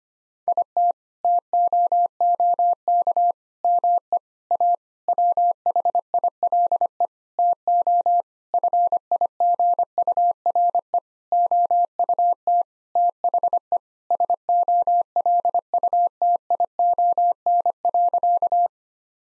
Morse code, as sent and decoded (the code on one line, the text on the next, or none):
.. - / - --- --- -.- / -- . / .- / .-- .... .. .-.. . / - --- / ..-. .. --. ..- .-. . / --- ..- - / - .... . / ... --- .-.. ..- - .. --- -. .-.-.-
IT TOOK ME A WHILE TO FIGURE OUT THE SOLUTION.